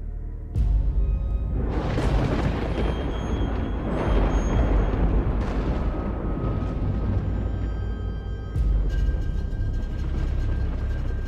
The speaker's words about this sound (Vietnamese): Từ trên cao một tia đại lôi giáng thẳng vào nhà. Ngôi biệt thự cứ như vậy mà đùng đùng sập xuống.